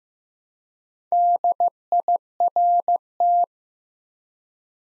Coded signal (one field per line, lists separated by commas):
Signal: Morse code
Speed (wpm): 15 wpm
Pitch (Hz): 700 Hz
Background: none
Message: DIRT